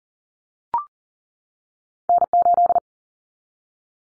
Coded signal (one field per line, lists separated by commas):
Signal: Morse code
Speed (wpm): 40 wpm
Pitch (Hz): 700 Hz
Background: none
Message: N8